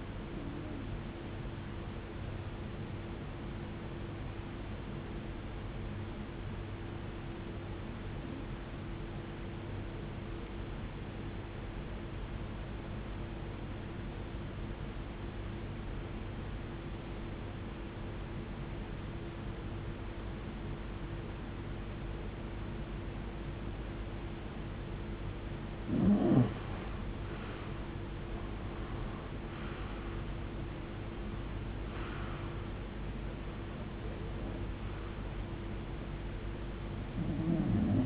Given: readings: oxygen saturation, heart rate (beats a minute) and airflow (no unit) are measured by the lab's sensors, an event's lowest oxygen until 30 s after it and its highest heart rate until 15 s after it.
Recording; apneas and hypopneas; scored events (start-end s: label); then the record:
breathing in sleep by a voice recorder at the bedside; 1
11.00-33.50 s: hypopnea (REM, oxygen 94% highest, then 90% lowest, heart rate 68 at the start, 78 highest)
From the record:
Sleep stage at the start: REM sleep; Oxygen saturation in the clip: 90 to 94%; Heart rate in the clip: 52 to 78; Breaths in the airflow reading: 9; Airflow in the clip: -20.1 to 22.0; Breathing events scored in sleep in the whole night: 389 in 6.3 hours asleep